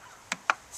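The wooden trigger latch of a ballista mechanism is pulled back to reset it. Two sharp clicks sound at 0.3 s and 0.5 s as it catches, and the latch resets into place, ready to go.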